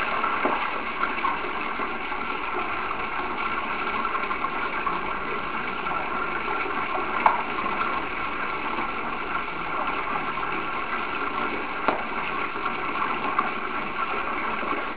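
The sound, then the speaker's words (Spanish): Water gushes steadily out of a spring at a sacred place in an unbroken, hissing rush that holds an even loudness throughout, broken only by a couple of faint clicks. “Y miren cómo sale ahí. El corazón de un capta, sale el agua.”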